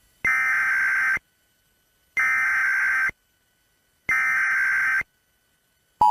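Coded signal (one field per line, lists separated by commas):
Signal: Emergency Alert System (SAME) tones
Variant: header bursts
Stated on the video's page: Recreation of an EAS alert with valid EAS tones.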